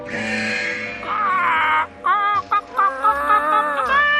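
A flock of chickens clucks and squawks continuously, with drawn-out, harmonic rooster crows rising over the busy chatter. The overlapping calls stay loud and dense throughout, with no talking.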